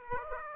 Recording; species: mosquito wingbeat signal from an infrared sensor; Aedes aegypti